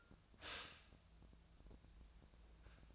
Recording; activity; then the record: daily activity, microphone in the room; stop toaster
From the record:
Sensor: 2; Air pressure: 1000.0 hPa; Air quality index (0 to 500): 147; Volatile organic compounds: 2 ppm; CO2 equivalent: 1244 ppm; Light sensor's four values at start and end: 26/66/28/30 and 26/66/28/30